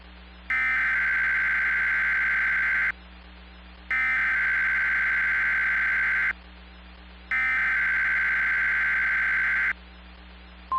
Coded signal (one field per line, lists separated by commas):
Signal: Emergency Alert System (SAME) tones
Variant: header bursts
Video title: Severe Thunderstorm Watch #249 (6/4/20) [EAS #42]